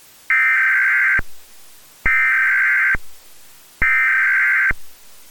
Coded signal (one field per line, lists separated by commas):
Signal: Emergency Alert System (SAME) tones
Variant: header bursts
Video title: To all who may be receiving. **EAS SCENARIO**